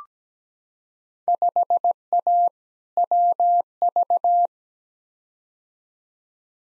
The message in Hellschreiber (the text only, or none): none